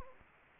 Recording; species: mosquito wingbeat signal from an infrared sensor; Anopheles gambiae